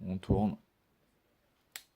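An interchangeable lens is fitted onto the bare body mount of a Canon EOS 700D DSLR, with the lens's mounting mark lined up with the mark on the body and the lens turned on its bayonet until it locks. Someone talks briefly, then after a quiet pause a short, sharp click sounds at 1.8 s as the lens seats home on the camera body.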